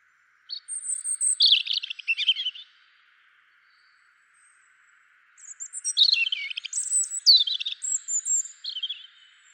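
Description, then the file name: European robin song: two high phrases of tumbling, tinkling notes and descending slurs, separated by a short pause. "Erithacus rubecula"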